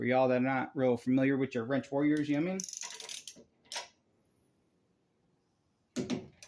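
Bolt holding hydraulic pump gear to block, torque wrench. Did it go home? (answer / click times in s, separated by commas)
yes / 6.0 s, 6.1 s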